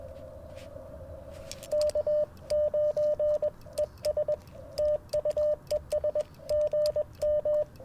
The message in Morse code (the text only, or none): K9ES TU ES GM